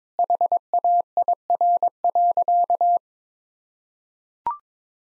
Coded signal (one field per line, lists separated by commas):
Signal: Morse code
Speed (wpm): 21 wpm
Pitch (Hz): 700 Hz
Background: none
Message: HAIR.